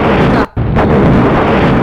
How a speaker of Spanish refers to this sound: Explotó el auto de la Pantera Rosa.